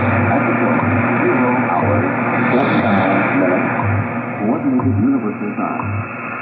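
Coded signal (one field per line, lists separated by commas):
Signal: radio time signal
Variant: WWV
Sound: hissy shortwave static with faint low thumping pulses roughly each second, fading in and out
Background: radio static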